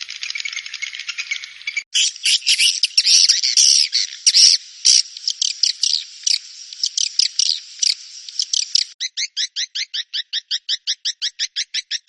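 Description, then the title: Swiftlet calls: harsh, scratchy squawking bursts at first, then a fast, regular run of short high chirps. "Suara Burung Wallet"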